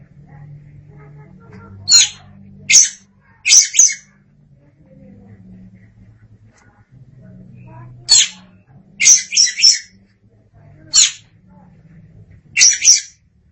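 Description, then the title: Oriental magpie-robin uttering sparse harsh high notes, singly and in pairs or triplets, over a low background hum. "Suara Kicauan Burung Kacer Durasi Panjang"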